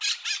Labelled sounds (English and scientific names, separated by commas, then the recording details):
Brown-throated Parakeet (Eupsittula pertinax) contact call
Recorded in Bonaire